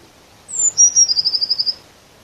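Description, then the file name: Eurasian blue tit sounds a thin high note gliding down, then a fast, evenly spaced trill of several pulses; background quiet. "Cyanistes caeruleus"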